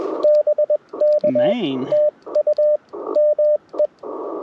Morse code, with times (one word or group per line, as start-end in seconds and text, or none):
0.2-1.5 BK
1.9-2.8 TU
3.2-3.9 ME